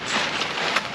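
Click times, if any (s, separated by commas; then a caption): 0.8 s. A telescoping leg on the frame of a 10-person instant cabin tent is pulled out under steady broadband noise until its spring-button lock gives a sharp click at 0.8 s. The leg is locked into its extended position.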